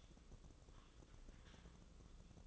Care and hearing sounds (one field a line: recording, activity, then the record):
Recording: daily activity, microphone in the room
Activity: typing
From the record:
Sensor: 4